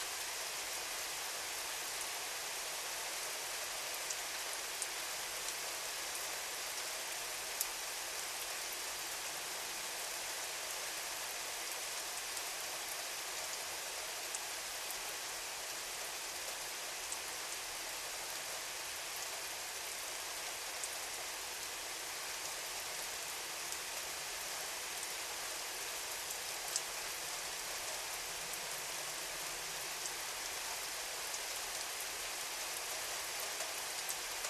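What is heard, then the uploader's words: Persistent rain falls on a metal roof, a dense, even hiss of countless drops that holds steady for the whole stretch. The sound sits bright, with little low rumble, and only a few slightly louder taps stand out now and then. Rain on a Tin Roof. The sound of persistent rain falling on a metal roof. Captured way back in 2016 in the suburbs of Garwood in New Jersey.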